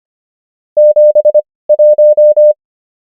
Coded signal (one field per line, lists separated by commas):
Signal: Morse code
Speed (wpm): 25 wpm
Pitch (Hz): 600 Hz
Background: none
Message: 71